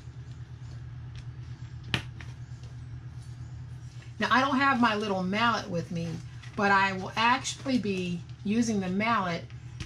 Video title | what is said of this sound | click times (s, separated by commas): Make A Tote Bag Using just TWO DOLLAR TREE PLACEMATS! dollar tree hack 🌟GENIUS🌟 | and place it on that prong and you'll hear that snap | 1.9 s